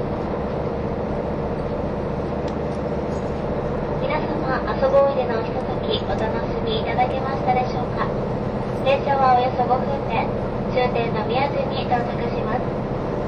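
Aboard the KiHa 183 series Asoboy train from Kumamoto to Miyaji, a steady low engine drone and rumble run through the whole clip. From about four seconds on, voices chatter intermittently over it, most clearly around five seconds and again near nine to ten.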